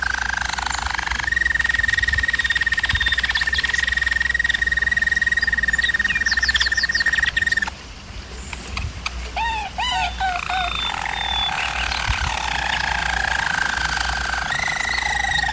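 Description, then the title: German Roller canary song: a long steady trill on one pitch, a brief gap, quick looping chirps, then renewed deep rolling tours. German Roller canary singing, used for canary training. "German Roller Canary Singing - Canary Training Vid"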